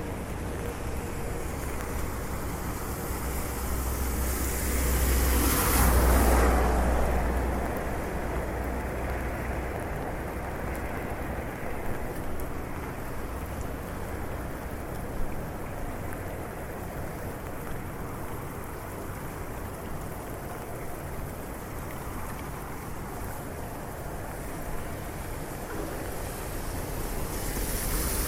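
Steady rain patters over a wet street while someone walks through it, a dense, even hiss running the whole time. Around five to seven seconds a vehicle swells past with a louder rushing whoosh and low rumble, then the rain settles back to its constant wash.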